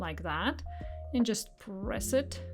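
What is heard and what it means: A plastic washer is being pressed onto the post of an 8 mm plastic safety eye through a crocheted white eye piece while someone talks over a steady low hum. Nothing has clicked or seated yet.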